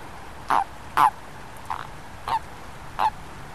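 Amphibian calls: five short, honking notes roughly every half second or a little more, fairly evenly repeated over a faint steady background hiss.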